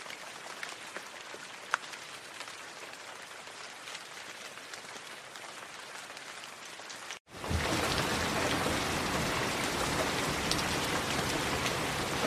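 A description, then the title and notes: Rain falls in a steady, dense hiss of fine drops, with a sharp tick near two seconds. Just after seven seconds the sound cuts out briefly, then returns noticeably louder and fuller, a heavier, even patter with scattered brighter drop hits. Serene Rain Sounds.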